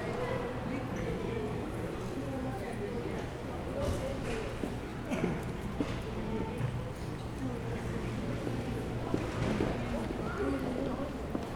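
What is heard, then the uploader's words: A busy museum lobby filled with the overlapping chatter of many voices, none standing out clearly. A steady low hum runs underneath, and scattered footsteps, clicks and brief knocks punctuate the murmur at irregular moments throughout, with the overall level staying fairly even. Lobby at the Museum.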